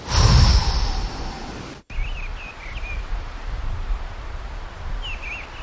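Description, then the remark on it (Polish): A loud, breathy exhale pushed out through the mouth during a breathing exercise, on the count of eight after holding the breath, lasts under two seconds and trails off, followed by quiet background with a few faint high bird chirps. “Wstrzymujemy oddech i liczymy dalej do 7. Na 8 głośno wypuścić powietrze ustami.”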